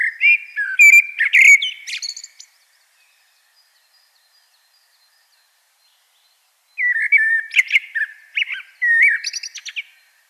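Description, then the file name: Common blackbird delivers fluting whistles topped by sharp high chirps, pauses several seconds, then sings two more warbled phrases. "Turdus merula"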